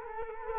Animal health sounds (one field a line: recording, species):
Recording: mosquito wingbeat signal from an infrared sensor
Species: Culex quinquefasciatus